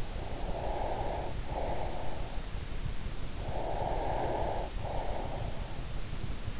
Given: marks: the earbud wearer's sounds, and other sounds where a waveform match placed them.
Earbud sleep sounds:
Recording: sounds in sleep by an in-ear microphone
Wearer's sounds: breath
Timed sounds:
0.00-2.58 s: breath
3.40-5.70 s: breath

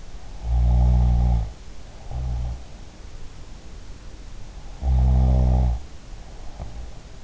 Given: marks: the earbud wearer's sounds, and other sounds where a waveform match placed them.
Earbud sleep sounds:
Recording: sounds in sleep by an in-ear microphone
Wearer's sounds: snoring breath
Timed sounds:
0.33-2.59 s: snoring breath
4.82-7.24 s: snoring breath

